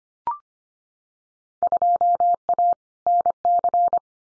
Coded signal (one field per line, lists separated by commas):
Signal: Morse code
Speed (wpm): 25 wpm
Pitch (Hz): 700 Hz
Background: none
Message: 2A NC